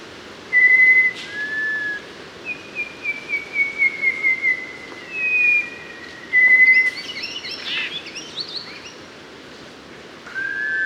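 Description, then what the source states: Mangrove robin song: a series of clear, drawn-out whistles, some level and some gently falling, then a pause of a few seconds before another whistle, with a short noisy burst midway. Papua New Guinea.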